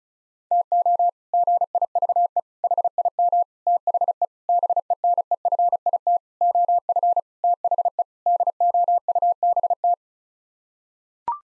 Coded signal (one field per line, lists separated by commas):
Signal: Morse code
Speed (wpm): 34 wpm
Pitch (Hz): 700 Hz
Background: none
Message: TO GIVE HIM THE BENEFIT OF THE DOUBT